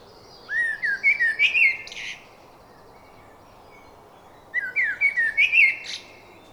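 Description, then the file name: Common blackbird singing two similar phrases about four seconds apart, each a few slurred fluty notes ending in a high squeaky flourish. "Turdus merula"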